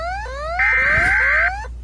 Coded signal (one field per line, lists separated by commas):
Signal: Emergency Alert System (SAME) tones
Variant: header bursts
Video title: GALAPAGOS ISLANDS EAS ALARM 🇪🇨